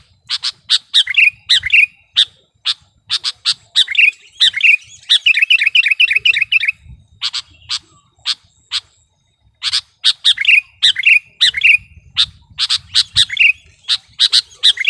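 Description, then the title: Sooty-headed bulbul song, lively bubbly phrases of chattering and warbling notes in repeated bursts, with a few pauses between runs. "kutilang"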